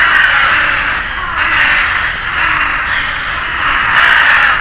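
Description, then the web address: Crow giving rough, raspy caws that blur into a steady clamour with slight swells in loudness. "kurashi kurashi seikatsu bika karasumanual"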